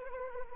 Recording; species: mosquito wingbeat signal from an infrared sensor; Anopheles arabiensis